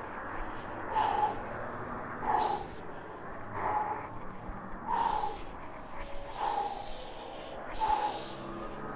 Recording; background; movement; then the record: deep breathing; traffic; walking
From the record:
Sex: male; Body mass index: 22.0 kg/m2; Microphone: on the chest, facing the body